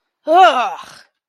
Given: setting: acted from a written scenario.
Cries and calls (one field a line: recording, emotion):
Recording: vocal sound without words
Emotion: disgust